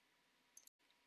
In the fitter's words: push it into place you'll feel it click and you'll hear it click as well